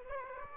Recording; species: mosquito wingbeat signal from an infrared sensor; Aedes aegypti